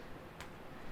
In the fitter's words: And the good thing, like I said, this thing snaps into place, so it helps keep it in place like that too.